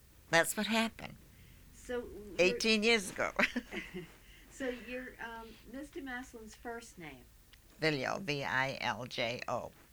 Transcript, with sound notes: that's what happened, eighteen years ago. ( they laugh )
So you're, Mr. Masalin's first name?
Viljo, V-I-L-J-O.